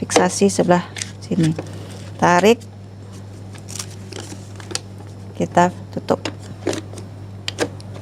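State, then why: Seated. Someone talks while closing the plastic paper compartment lid of an ECG machine after feeding in the recording paper, with light handling clicks and taps along the way. The lid clicks shut at 7.5 s, and the paper is confirmed to be installed perfectly.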